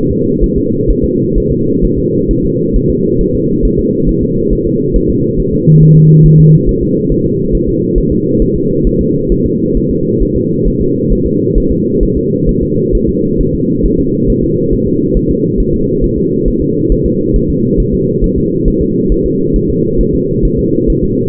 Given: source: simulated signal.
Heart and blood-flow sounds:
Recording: fetal heart sounds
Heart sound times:
0.11 s: S2
0.44 s: S1
0.58 s: S2
0.91 s: S1
1.04 s: S2
1.38 s: S1
1.52 s: S2
1.85 s: S1
1.98 s: S2
2.31 s: S1
2.45 s: S2
2.76 s: S1
2.90 s: S2
3.21 s: S1
3.35 s: S2
3.65 s: S1
3.79 s: S2
4.09 s: S1
4.23 s: S2
4.53 s: S1
4.67 s: S2
4.96 s: S1
5.10 s: S2
5.40 s: S1
5.54 s: S2
5.83 s: S1
5.97 s: S2
6.26 s: S1
6.40 s: S2
6.69 s: S1
6.83 s: S2
7.12 s: S1
7.26 s: S2
7.55 s: S1
7.69 s: S2
7.98 s: S1
8.12 s: S2
8.42 s: S1
8.56 s: S2
8.87 s: S1
9.01 s: S2
9.32 s: S1
9.46 s: S2
9.77 s: S1
9.91 s: S2
10.23 s: S1
10.36 s: S2
10.67 s: S1
10.81 s: S2
11.12 s: S1
11.26 s: S2
11.58 s: S1
11.71 s: S2
12.03 s: S1
12.17 s: S2
12.49 s: S1
12.63 s: S2
12.95 s: S1
13.09 s: S2
13.41 s: S1
13.55 s: S2
13.86 s: S1
13.99 s: S2
14.30 s: S1
14.44 s: S2
14.73 s: S1
14.87 s: S2
15.17 s: S1
15.31 s: S2
15.60 s: S1
15.74 s: S2
16.04 s: S1
16.18 s: S2
16.48 s: S1
16.62 s: S2
16.92 s: S1
17.06 s: S2
17.36 s: S1
17.50 s: S2
17.80 s: S1
17.94 s: S2
18.24 s: S1
18.38 s: S2
18.68 s: S1
18.82 s: S2
19.12 s: S1
19.26 s: S2
19.56 s: S1
19.70 s: S2
20.01 s: S1
20.14 s: S2
20.45 s: S1
20.59 s: S2
20.90 s: S1
21.04 s: S2
From the record:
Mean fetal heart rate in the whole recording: 135 bpm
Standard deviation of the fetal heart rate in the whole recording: 3 bpm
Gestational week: 36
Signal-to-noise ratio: -11.2 dB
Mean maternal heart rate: 72 bpm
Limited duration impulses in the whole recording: present

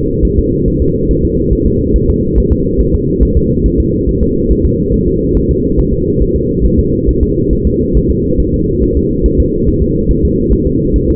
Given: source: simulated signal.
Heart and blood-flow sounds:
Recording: fetal heart sounds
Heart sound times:
0.25 s: S1
0.39 s: S2
0.68 s: S1
0.82 s: S2
1.11 s: S1
1.25 s: S2
1.53 s: S1
1.67 s: S2
1.96 s: S1
2.10 s: S2
2.38 s: S1
2.52 s: S2
2.81 s: S1
2.94 s: S2
3.23 s: S1
3.37 s: S2
3.66 s: S1
3.80 s: S2
4.09 s: S1
4.23 s: S2
4.51 s: S1
4.65 s: S2
4.94 s: S1
5.08 s: S2
5.37 s: S1
5.51 s: S2
5.80 s: S1
5.94 s: S2
6.22 s: S1
6.36 s: S2
6.66 s: S1
6.79 s: S2
7.09 s: S1
7.23 s: S2
7.53 s: S1
7.67 s: S2
7.97 s: S1
8.11 s: S2
8.40 s: S1
8.54 s: S2
8.83 s: S1
8.97 s: S2
9.26 s: S1
9.40 s: S2
9.68 s: S1
9.82 s: S2
10.11 s: S1
10.25 s: S2
10.53 s: S1
10.67 s: S2
10.96 s: S1
11.10 s: S2
From the record:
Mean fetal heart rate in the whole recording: 140 bpm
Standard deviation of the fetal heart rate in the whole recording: 2 bpm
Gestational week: 34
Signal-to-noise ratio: -14.7 dB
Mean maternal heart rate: 72 bpm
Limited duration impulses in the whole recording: present

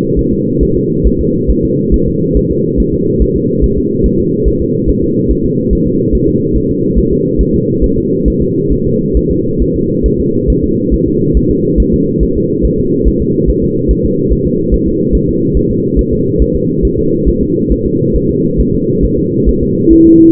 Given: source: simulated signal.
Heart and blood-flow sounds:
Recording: fetal heart sounds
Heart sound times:
0.19 s: S1
0.33 s: S2
0.63 s: S1
0.77 s: S2
1.07 s: S1
1.21 s: S2
1.50 s: S1
1.65 s: S2
1.94 s: S1
2.08 s: S2
2.37 s: S1
2.51 s: S2
2.80 s: S1
2.94 s: S2
3.22 s: S1
3.36 s: S2
3.64 s: S1
3.78 s: S2
4.06 s: S1
4.20 s: S2
4.48 s: S1
4.62 s: S2
4.89 s: S1
5.04 s: S2
5.31 s: S1
5.45 s: S2
5.73 s: S1
5.87 s: S2
6.15 s: S1
6.29 s: S2
6.56 s: S1
6.71 s: S2
6.98 s: S1
7.13 s: S2
7.41 s: S1
7.55 s: S2
7.84 s: S1
7.98 s: S2
8.28 s: S1
8.42 s: S2
8.72 s: S1
8.87 s: S2
9.17 s: S1
9.31 s: S2
9.62 s: S1
9.76 s: S2
10.06 s: S1
10.20 s: S2
10.50 s: S1
10.64 s: S2
10.94 s: S1
11.08 s: S2
11.37 s: S1
11.51 s: S2
11.80 s: S1
11.94 s: S2
12.23 s: S1
12.37 s: S2
12.65 s: S1
12.80 s: S2
13.08 s: S1
13.22 s: S2
13.50 s: S1
13.64 s: S2
13.91 s: S1
14.05 s: S2
14.32 s: S1
14.47 s: S2
14.74 s: S1
14.88 s: S2
15.15 s: S1
15.29 s: S2
15.57 s: S1
15.71 s: S2
15.99 s: S1
16.13 s: S2
16.42 s: S1
16.56 s: S2
16.85 s: S1
16.99 s: S2
17.28 s: S1
17.43 s: S2
17.72 s: S1
17.87 s: S2
18.16 s: S1
18.31 s: S2
18.60 s: S1
18.75 s: S2
19.05 s: S1
19.19 s: S2
19.49 s: S1
19.63 s: S2
19.93 s: S1
20.07 s: S2
From the record:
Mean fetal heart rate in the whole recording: 140 bpm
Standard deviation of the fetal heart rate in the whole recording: 2 bpm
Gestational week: 34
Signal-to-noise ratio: -11.2 dB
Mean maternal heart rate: 72 bpm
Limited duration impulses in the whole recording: present

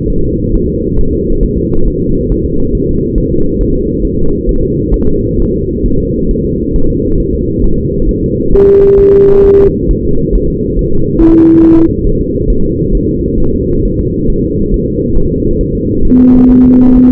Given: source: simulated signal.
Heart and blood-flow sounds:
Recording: fetal heart sounds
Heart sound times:
0.10 s: S1
0.25 s: S2
0.54 s: S1
0.69 s: S2
0.99 s: S1
1.13 s: S2
1.43 s: S1
1.58 s: S2
1.88 s: S1
2.02 s: S2
2.32 s: S1
2.46 s: S2
2.75 s: S1
2.89 s: S2
3.18 s: S1
3.32 s: S2
3.61 s: S1
3.75 s: S2
4.05 s: S1
4.19 s: S2
4.49 s: S1
4.63 s: S2
4.94 s: S1
5.08 s: S2
5.40 s: S1
5.54 s: S2
5.86 s: S1
6.00 s: S2
6.31 s: S1
6.45 s: S2
6.76 s: S1
6.90 s: S2
7.20 s: S1
7.34 s: S2
7.64 s: S1
7.79 s: S2
8.09 s: S1
8.23 s: S2
8.54 s: S1
8.68 s: S2
8.99 s: S1
9.13 s: S2
9.45 s: S1
9.59 s: S2
9.91 s: S1
10.05 s: S2
10.36 s: S1
10.50 s: S2
10.79 s: S1
10.93 s: S2
11.22 s: S1
11.36 s: S2
11.64 s: S1
11.78 s: S2
12.07 s: S1
12.21 s: S2
12.50 s: S1
12.64 s: S2
12.95 s: S1
13.09 s: S2
13.40 s: S1
13.54 s: S2
13.85 s: S1
14.00 s: S2
14.30 s: S1
14.44 s: S2
14.74 s: S1
14.88 s: S2
15.18 s: S1
15.32 s: S2
15.61 s: S1
15.75 s: S2
16.05 s: S1
16.19 s: S2
16.50 s: S1
16.65 s: S2
16.97 s: S1
17.11 s: S2
From the record:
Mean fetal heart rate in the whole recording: 135 bpm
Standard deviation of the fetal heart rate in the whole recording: 3 bpm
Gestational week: 36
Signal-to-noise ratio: -17.7 dB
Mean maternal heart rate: 72 bpm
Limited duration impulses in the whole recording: present

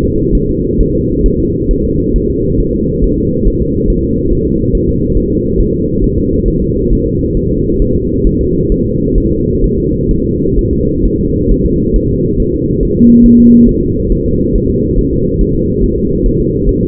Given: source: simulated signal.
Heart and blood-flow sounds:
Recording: fetal heart sounds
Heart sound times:
0.04 s: S2
0.35 s: S1
0.49 s: S2
0.81 s: S1
0.95 s: S2
1.26 s: S1
1.40 s: S2
1.71 s: S1
1.85 s: S2
2.16 s: S1
2.30 s: S2
2.60 s: S1
2.74 s: S2
3.04 s: S1
3.18 s: S2
3.48 s: S1
3.62 s: S2
3.90 s: S1
4.04 s: S2
4.33 s: S1
4.47 s: S2
4.75 s: S1
4.89 s: S2
5.17 s: S1
5.31 s: S2
5.60 s: S1
5.74 s: S2
6.04 s: S1
6.18 s: S2
6.48 s: S1
6.62 s: S2
6.92 s: S1
7.07 s: S2
7.37 s: S1
7.51 s: S2
7.82 s: S1
7.96 s: S2
8.27 s: S1
8.41 s: S2
8.72 s: S1
8.86 s: S2
9.18 s: S1
9.32 s: S2
9.64 s: S1
9.78 s: S2
10.11 s: S1
10.25 s: S2
10.59 s: S1
10.73 s: S2
11.05 s: S1
11.20 s: S2
11.51 s: S1
11.66 s: S2
11.96 s: S1
12.10 s: S2
12.40 s: S1
12.54 s: S2
12.83 s: S1
12.97 s: S2
13.26 s: S1
13.40 s: S2
13.69 s: S1
13.83 s: S2
14.12 s: S1
14.26 s: S2
14.56 s: S1
14.70 s: S2
14.99 s: S1
15.13 s: S2
15.41 s: S1
15.55 s: S2
15.84 s: S1
15.98 s: S2
16.26 s: S1
16.40 s: S2
16.69 s: S1
16.83 s: S2
From the record:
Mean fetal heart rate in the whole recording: 135 bpm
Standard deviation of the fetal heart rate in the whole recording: 3 bpm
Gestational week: 36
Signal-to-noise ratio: -10.2 dB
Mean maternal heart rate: 72 bpm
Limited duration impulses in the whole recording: present

